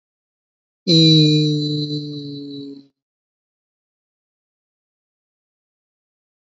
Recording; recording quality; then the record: sustained vowel as in beet; excellent, no background noise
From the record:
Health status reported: healthy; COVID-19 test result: not tested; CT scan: not taken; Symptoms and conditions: none ticked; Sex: male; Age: 24 years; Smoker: no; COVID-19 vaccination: both doses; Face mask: worn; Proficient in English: yes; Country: India